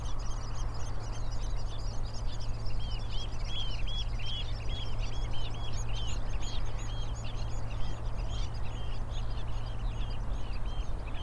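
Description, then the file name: Eurasian oystercatcher piping, a fast, even run of sharp, high, down-curved notes that carries on without a break, with a constant low roar of wind or water beneath. Several birds at Rye Harbour river mouth, recorded 9 May 2022. "220509 Rye Harbour river mouth Oystercatchers"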